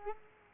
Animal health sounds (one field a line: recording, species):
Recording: mosquito wingbeat signal from an infrared sensor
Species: Culex quinquefasciatus